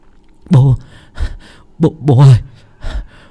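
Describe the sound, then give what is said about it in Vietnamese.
A voice imitates heavy panting of a person who has run until exhausted and stopped with hands on knees: a few loud, voiced gasping breaths in uneven bursts, each rising and falling in pitch, with short pauses between them. “Đến tận khi đã không còn sức lực nữa mới dừng chân, hai tay chống vào gối, thở như cái bể lò rèn.”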